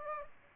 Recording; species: mosquito wingbeat signal from an infrared sensor; Aedes aegypti